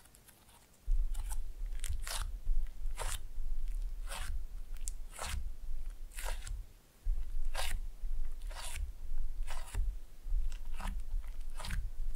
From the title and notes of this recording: ASMR Fun with Slime No Talking.